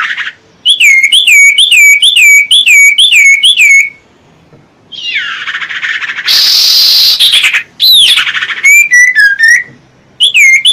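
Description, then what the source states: Common iora giving a run of rising-falling whistled notes, then harsh buzzy sounds and a final cluster of quick sharp whistles. Whistled song used as a lure (pancingan) for catching birds.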